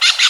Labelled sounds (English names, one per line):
Brown-throated Parakeet contact call